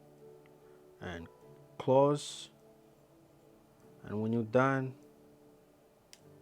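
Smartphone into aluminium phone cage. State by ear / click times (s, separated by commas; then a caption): seated / 6.1 s. A smartphone is placed into an aluminium phone cage, which is closed and snaps shut around it while someone talks over steady background music. A short, sharp click at 6.1 s marks the cage clicking closed, with the phone seated.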